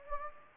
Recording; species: mosquito wingbeat signal from an infrared sensor; Anopheles gambiae